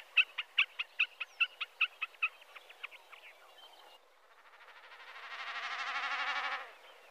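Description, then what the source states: Common snipe giving a series of sharp ticking calls that fade out, followed by a swelling, wavering, throbbing hum of drumming. Recorded on a family cabin trip.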